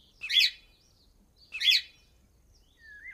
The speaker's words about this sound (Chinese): 雷蒙低头便看到老爷子手里提着的小鹦鹉，还没张嘴，便听那小鹦鹉张着嘴喊： 吵死了，笨蛋！吵死了，笨蛋！